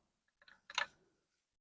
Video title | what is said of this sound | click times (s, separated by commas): Lectric - XP3.0 - e-Bike Unlocked Throttle w/ Aftermarket Controller, Color Display Install & Test | and just make sure it Clicks in | 0.8 s